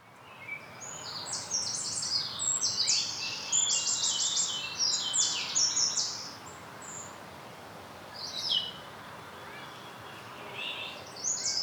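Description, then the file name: Eurasian wren song: one long, high, rapid phrase of rattling trills lasting several seconds, then a few softer high notes. "Troglodytes troglodytes"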